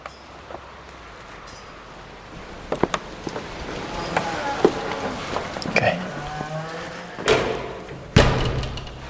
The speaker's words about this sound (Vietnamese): Mình phải đóng cửa lại không cho ai vào hết.